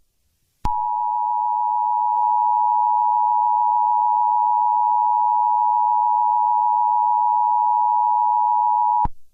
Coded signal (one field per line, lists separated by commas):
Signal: Emergency Alert System (SAME) tones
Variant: 853 and 960 Hz attention tone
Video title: Eas Scenario 021 - The DARKEST Day of The History of the World